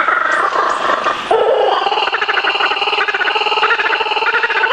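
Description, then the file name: Laughing kookaburra chorus, a dense run of rapid harsh chuckling notes throughout. "waraikawasemi"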